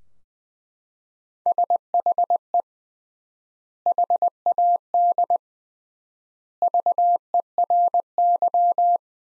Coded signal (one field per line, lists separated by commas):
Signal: Morse code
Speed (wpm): 20 wpm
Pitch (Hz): 700 Hz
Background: none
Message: SHE HAD VERY